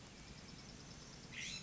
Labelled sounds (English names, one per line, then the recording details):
California Scrub-Jay
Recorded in Sonoma County, California